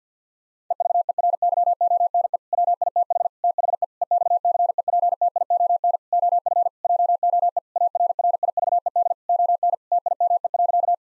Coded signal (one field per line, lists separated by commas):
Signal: Morse code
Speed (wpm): 50 wpm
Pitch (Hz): 700 Hz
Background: none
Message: EVERYONE WITH THE EXCEPTION OF JOE ARRIVED ON TIME.